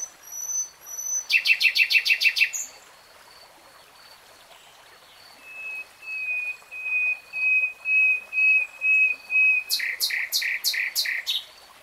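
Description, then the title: Nightingale song: a fast rattling trill, a pause, then a series of pure drawn-out whistles growing louder, ending in another quick rattling burst. Singing in real time. "[Tiếng chim hót] Nightingale Singing"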